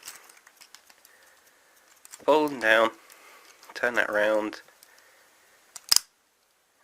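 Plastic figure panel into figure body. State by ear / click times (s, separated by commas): seated / 5.9 s, 6.0 s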